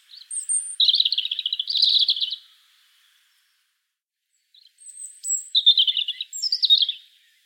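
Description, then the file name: European robin song in two phrases: a high thin whistle leading into rapid warbling, silence, then another high whistle and twittering run. "Erithacus rubecula"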